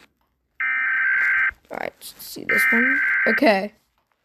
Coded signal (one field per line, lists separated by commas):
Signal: Emergency Alert System (SAME) tones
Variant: header bursts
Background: speech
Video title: rating eas alarms part 2